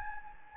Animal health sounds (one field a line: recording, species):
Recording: mosquito wingbeat signal from an infrared sensor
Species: Anopheles gambiae